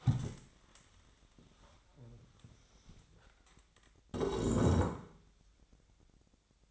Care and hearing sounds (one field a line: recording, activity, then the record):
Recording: daily activity, microphone in the room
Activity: stand up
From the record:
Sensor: 3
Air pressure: 1000.4 hPa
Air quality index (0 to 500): 166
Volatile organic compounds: 3 ppm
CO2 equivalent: 1456 ppm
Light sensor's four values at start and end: 15/34/15/15 and 14/34/14/15